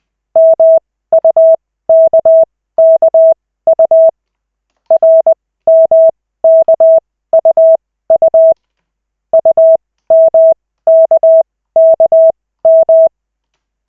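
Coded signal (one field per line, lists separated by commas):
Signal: Morse code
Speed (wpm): 20 wpm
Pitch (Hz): 650 Hz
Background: none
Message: MUKKU RMKUU UMKKM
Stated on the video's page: Koch method Morse practice session, lesson 3 of 40, five minutes, generated by the LCWO.net website.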